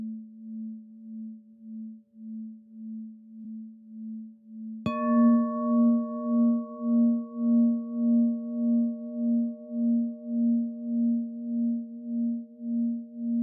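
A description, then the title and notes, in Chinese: A singing bowl hums with a slow, pulsing waver until a fresh strike near five seconds adds bright overtones that linger and gradually fade. 頌缽聲頻共振。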